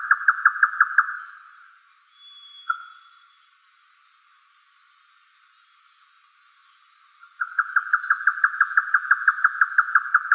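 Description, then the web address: Grey nightjar's quick series of hollow knocking notes ends, a single note follows after a pause, then a fresh rapid run begins, with a faint high whistle. "yotaka"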